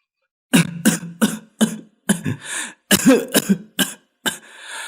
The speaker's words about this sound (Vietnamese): Ông ho lụ khụp.